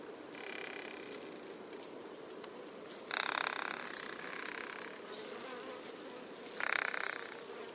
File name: wolf spider drumming